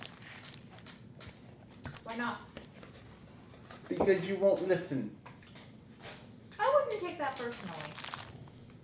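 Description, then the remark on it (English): Paper crinkles and rustles in intermittent bursts, a dry crackly texture running underneath people talking, with a couple of louder rustles partway through. “Is that paper? Yeah.”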